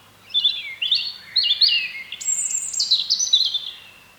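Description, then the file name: European robin song made of several short rising and falling whistled motifs, ending in a higher, rapid tinkling run. "Erithacus rubecula"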